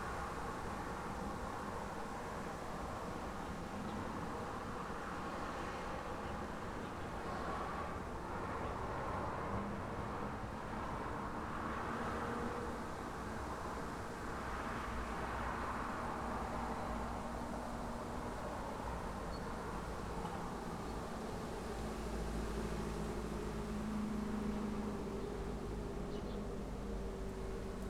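Traffic noise on a busy weekday street: a steady, dense low rumble of passing vehicles fills all 28 seconds with little change in level. Brief swells of engine sound come and go, and a faint tone near the end.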